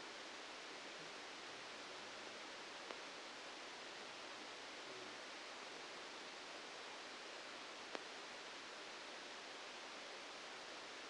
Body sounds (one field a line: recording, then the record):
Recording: brain microelectrode recording played as sound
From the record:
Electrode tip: outside the subthalamic nucleus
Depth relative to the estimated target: -10 mm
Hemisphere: left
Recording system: NeuroSet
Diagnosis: Parkinson's disease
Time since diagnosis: 13 years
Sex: male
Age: 65 years